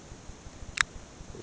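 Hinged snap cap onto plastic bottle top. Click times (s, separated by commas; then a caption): 0.8 s. A hinged plastic snap cap is pressed closed onto the top of a plastic bottle, over a quiet background of faint low taps. A single sharp, bright snap rings out at 0.8 s as the cap snaps shut and seats.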